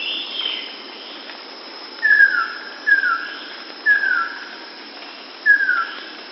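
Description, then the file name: Ruddy kingfisher calling four times, each a falling whistled note, the first three about a second apart and the last after a longer gap. A fainter, higher sound is heard at the start, over light background hiss. "Golosa ptic - Plamennaya alciona Halcyon coromanda"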